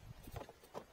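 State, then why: Not seated. A window switch assembly is handled and pushed down toward the plastic door trim panel of a 2014–2020+ Ford Transit van door so its clips can lock in place. Short, soft plastic knocks and rustles are heard near 0.4 and 0.8 seconds. Nothing has seated or clicked into place yet.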